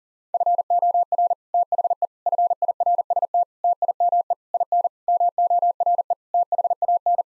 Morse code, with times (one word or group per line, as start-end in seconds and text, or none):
0.3-1.3 FOR
1.5-2.1 THE
2.3-3.4 FIRST
3.6-4.3 TIME
4.5-4.9 IN
5.1-6.1 MORE
6.3-7.2 THAN